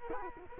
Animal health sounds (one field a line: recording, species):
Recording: mosquito wingbeat signal from an infrared sensor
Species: Culex quinquefasciatus